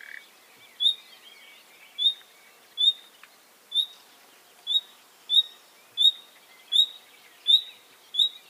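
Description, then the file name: Common nightingale giving a clear, high whistled call, repeated about ten times at uneven intervals of roughly a second or less. "Luscinia megarhynchos"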